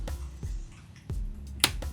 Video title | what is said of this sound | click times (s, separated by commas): Baklas Fairings at Footpeg / Footrest kay Honda Giorno 125 | nag-lock na yung isa. | 1.6 s